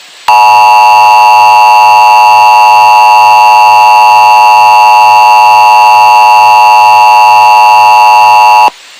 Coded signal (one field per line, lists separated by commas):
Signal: Emergency Alert System (SAME) tones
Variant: 853 and 960 Hz attention tone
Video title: EAS Remake 10/14/16 Astoria OR Severe Thunderstorm Warning